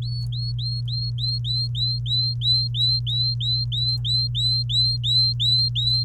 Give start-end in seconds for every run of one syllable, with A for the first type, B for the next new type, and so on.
0.02-6.04 A